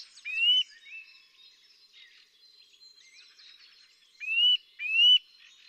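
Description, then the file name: Eurasian nuthatch calls, clear rising whistled notes given singly and in a pair, over a busy background of faint chirps from other birds. "Sitta europaea"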